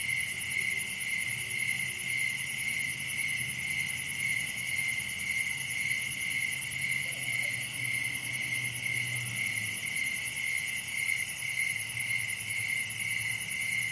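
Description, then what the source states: Crickets sing a constant, shimmering chorus of rapid high chirps; a low rumble swells and fades partway through. Recorded at night in summer in a wooded area, Dell Creek State Wildlife Area; crickets are the main sound.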